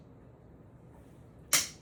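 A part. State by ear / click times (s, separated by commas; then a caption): released / 1.5 s. On a bathroom transfer bath chair, a side recline release knob is pushed in, giving a single sharp click at 1.5 seconds after a quiet stretch of low background noise. The knob releases, letting the backrest go back as far as the user wants.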